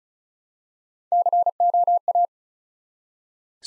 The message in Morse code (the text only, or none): COA